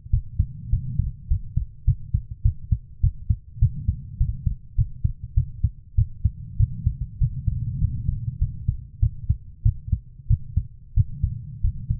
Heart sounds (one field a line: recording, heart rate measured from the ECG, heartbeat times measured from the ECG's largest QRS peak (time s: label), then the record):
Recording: heart sounds by stethoscope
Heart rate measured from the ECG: 99 bpm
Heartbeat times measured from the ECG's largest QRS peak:
0.10 s: heartbeat
0.70 s: heartbeat
1.28 s: heartbeat
1.85 s: heartbeat
2.43 s: heartbeat
3.01 s: heartbeat
3.59 s: heartbeat
4.18 s: heartbeat
4.76 s: heartbeat
5.34 s: heartbeat
5.95 s: heartbeat
6.57 s: heartbeat
7.19 s: heartbeat
7.79 s: heartbeat
8.39 s: heartbeat
9.00 s: heartbeat
9.63 s: heartbeat
10.28 s: heartbeat
10.94 s: heartbeat
11.61 s: heartbeat
From the record:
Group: healthy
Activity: rest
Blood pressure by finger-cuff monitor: 93/50 mmHg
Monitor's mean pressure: 67 mmHg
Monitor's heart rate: 100 bpm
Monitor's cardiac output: 9.2 L/min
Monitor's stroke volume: 92 mL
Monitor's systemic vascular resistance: 520 dyn s/cm5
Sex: female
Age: 24 years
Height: 163 cm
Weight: 55.7 kg